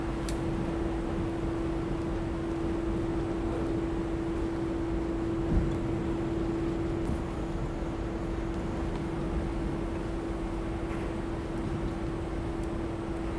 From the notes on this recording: Field-recorded at Kabuki-cho and Golden-Gai street in Shinjuku, Tokyo.